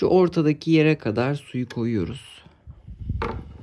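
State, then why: Seated. Someone talks while a water basin, filled with water up to the middle mark, is set into the base of a new-model Rainbow SRX vacuum cleaner. A single sharp hit sounds at 3.2 s as the basin seats effortlessly into place.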